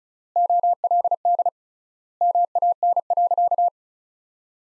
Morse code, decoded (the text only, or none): OLD MAN.